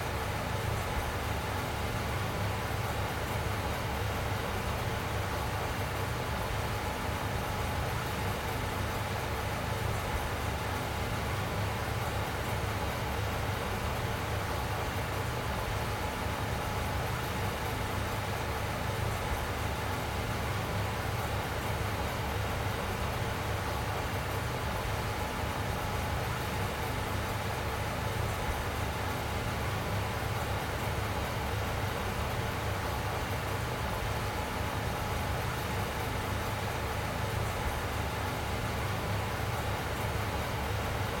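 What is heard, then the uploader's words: A fan runs without a break, giving an even, airy whoosh that fills the whole range from deep rumble to soft hiss. A low motor hum and a faint steady tone sit underneath, and nothing changes or stands out across the recording. Soft Blowing Fan. Tonights soundscape is the gentle sound of a fan.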